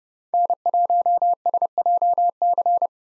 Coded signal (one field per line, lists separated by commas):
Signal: Morse code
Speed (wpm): 30 wpm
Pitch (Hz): 700 Hz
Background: none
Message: N1SJC